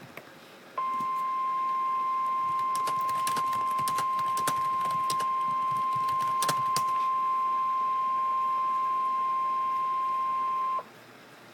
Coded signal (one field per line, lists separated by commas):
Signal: Emergency Alert System (SAME) tones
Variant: 1050 Hz attention tone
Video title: Triple header real EAS 1116-1118_Tropical storm warning